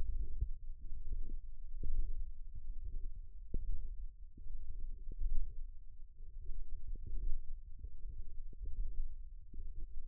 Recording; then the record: forearm muscle sounds (acoustic myography)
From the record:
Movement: ulnar deviation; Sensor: system 1, eight BSWA MPA416 microphones around the upper forearm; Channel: 6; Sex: female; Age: 21 years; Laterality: right